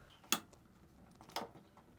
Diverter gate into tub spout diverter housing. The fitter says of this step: down on your lift rod and push up at the same time on the gate and it should just snap into place